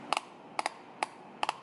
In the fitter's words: This will just slide in here. You can hear it clicking.